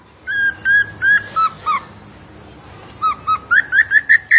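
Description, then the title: Zebra finch song of a few spaced nasal notes stepping lower, then after a pause a faster run of notes stepping higher. Vigorously singing (gacor) bird from a masteran recording used to train kept songbirds. "Masteran Burung Tembakan Gacor"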